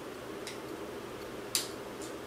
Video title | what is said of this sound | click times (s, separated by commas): How to Assemble an AATB Fluke and Rigging Kit | okay you'll hear a little snap little pop and then the two eyes have been connected | 1.5 s